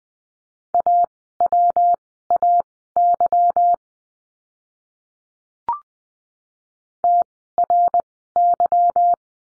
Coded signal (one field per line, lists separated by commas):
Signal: Morse code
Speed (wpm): 20 wpm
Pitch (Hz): 700 Hz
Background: none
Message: AWAY TRY